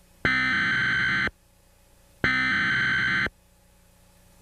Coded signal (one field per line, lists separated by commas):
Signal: Emergency Alert System (SAME) tones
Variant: header bursts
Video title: Eas test anomaly 2001